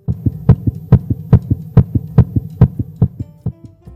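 Fast, steady lub-dub heartbeat at roughly 140 beats a minute, each strong low thump followed by a softer one, heard on a child through a 3M Littmann Core digital stethoscope with Eko Core technology, which can amplify the sound 40 times. A low hum sits underneath, and faint electronic tones sound near the end.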